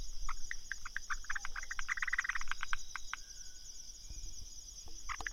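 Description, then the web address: Frogs giving quick clicking pulses in a busy burst for about three seconds, then thinning to a few scattered calls, over a constant high hum. Recorded 15 March 2015. "frog rec 150315"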